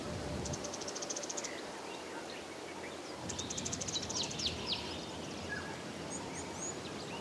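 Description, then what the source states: Birds calling, with two bursts of rapid, high, buzzy trills and scattered short chirps and whistles over a steady broad background hiss. Calm African bush ambience with birds.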